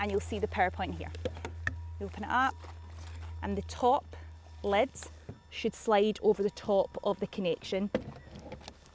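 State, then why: Not seated. A campervan's mains hookup cable plug is handled at a campsite power point, and the power point's top lid slides over the connection. Someone talks throughout over a steady low hum, and a few faint ticks are heard near the end. Nothing has seated or clicked yet.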